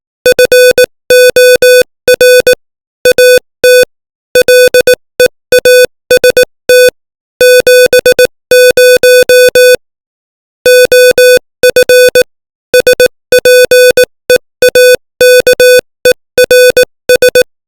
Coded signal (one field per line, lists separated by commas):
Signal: Morse code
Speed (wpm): 18 wpm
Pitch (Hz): 500 Hz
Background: music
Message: FOR AT LEAST 70 OF SPEAKERS